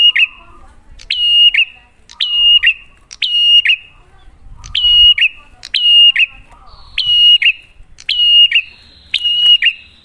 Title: Masteran Duet Cililin Vs Kapas Tembak. Pancingan Prenjak Gacor Suara Jernih. PRENJAK